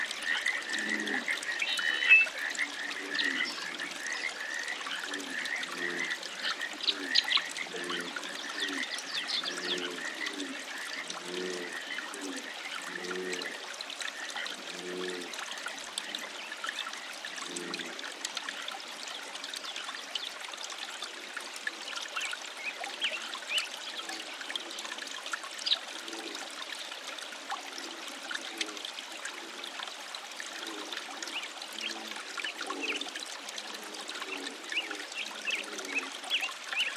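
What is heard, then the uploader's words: A summer dawn chorus in a wetland: a dense, steady bed of birdsong and chattering trills, busiest in the first ten seconds. Low pulsing croaks or coos repeat about once a second throughout, under a constant faint hiss. Dawn, just before a summer sunrise at Sauvie Island Wildlife Area... blue quail, ring neck doves, redwing blackbirds, bull frogs, pacific chorus frogs.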